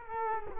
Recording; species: mosquito wingbeat signal from an infrared sensor; Culex quinquefasciatus